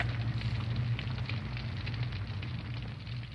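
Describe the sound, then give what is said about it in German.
A deliberately set fire burns steadily as a large collection of books goes up in flames, a deep continuous roar underneath scattered soft crackles and pops, with no voices throughout. “Na, Montag, ist das nicht eine Lust, Feuer zu legen?”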